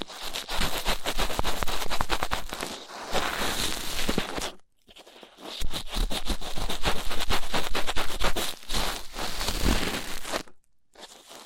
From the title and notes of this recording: ASMR Rough Ear Cleaning (No Talking).